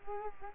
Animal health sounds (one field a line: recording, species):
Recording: mosquito wingbeat signal from an infrared sensor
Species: Culex quinquefasciatus